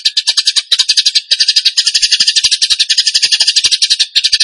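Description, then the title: Bird song: quick, high, buzzy notes delivered in a near-continuous rattling trill with a couple of very short pauses. Bird song in the tembakan gacor style, used as masteran (training for other birds). "Masteran Burung Tembakan Gacor"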